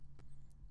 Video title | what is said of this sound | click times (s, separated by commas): iPhone Screen Replacement | and make sure it it clicks in you get a good nice firm uh two clicks | 0.5 s